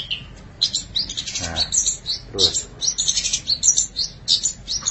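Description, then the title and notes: Long-tailed Shrike song, busy high chattering and squeaky notes with a couple of lower, buzzy sounds in the middle. "Pentet 201703. Suara burung pentet"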